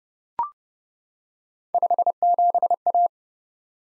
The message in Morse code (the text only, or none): 57A